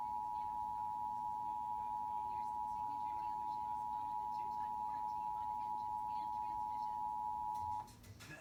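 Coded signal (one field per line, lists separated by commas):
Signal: Emergency Alert System (SAME) tones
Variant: 853 and 960 Hz attention tone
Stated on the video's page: Nuclear plant quarterly siren test alert as a Required Monthly Test, recorded from a television station.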